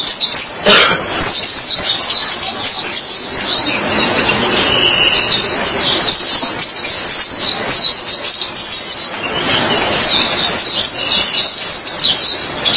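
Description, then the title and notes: White-eye song: a continuous rapid, high twittering chatter of thin chirps and trills, with a few brief breaks. "Kicauan Burung Pleci Durasi Panjang. Suara kicauan burung pleci"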